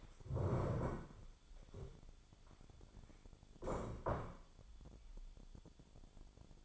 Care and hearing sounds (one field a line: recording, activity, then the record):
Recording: daily activity, microphone in the room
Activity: stand up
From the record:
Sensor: 5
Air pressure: 1015.4 hPa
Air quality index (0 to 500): 172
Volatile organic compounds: 6 ppm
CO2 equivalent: 1877 ppm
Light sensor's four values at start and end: 37/84/34/33 and 37/84/34/33